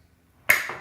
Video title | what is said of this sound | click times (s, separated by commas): Asus LCD Monitor Unboxing & Review #LCD_Monitor #VS197 #28052019 | Did you hear that click? That means the stand, the monitor is fixed properly. | 0.5 s